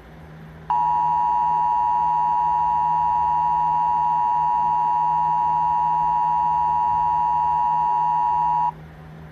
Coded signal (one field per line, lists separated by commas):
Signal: Emergency Alert System (SAME) tones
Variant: 853 and 960 Hz attention tone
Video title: Eas eaa march 11 2017